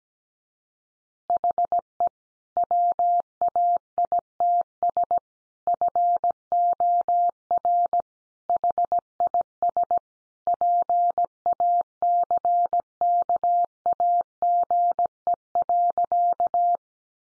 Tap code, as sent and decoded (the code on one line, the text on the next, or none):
none